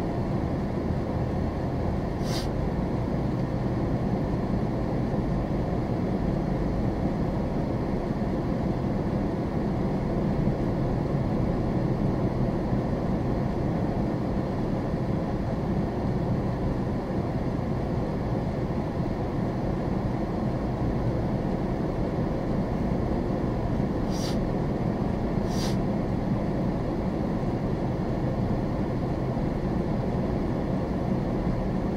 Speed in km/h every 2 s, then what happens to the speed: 31, 31, 35, 37, 39, 39, 37, 39, 34, 32, 34, 37, 39, 37, 34, 37.
0-9 speeds up to 39. 9-32 steady at about 37.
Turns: none.